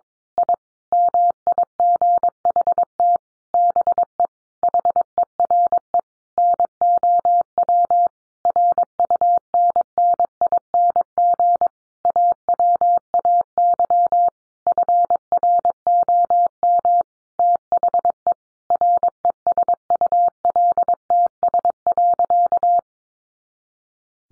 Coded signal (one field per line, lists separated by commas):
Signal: Morse code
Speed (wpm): 22 wpm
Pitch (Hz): 700 Hz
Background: none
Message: I MIGHT BE HERE NOW RUNNING AWAY FROM THE RESULTS.